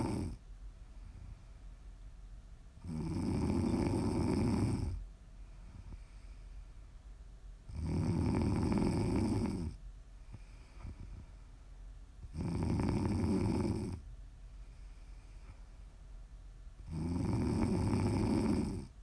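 Four loud, low rattling snores on inhalation, about every 4.7 seconds, roughly 13 breaths a minute, with quiet exhalations between.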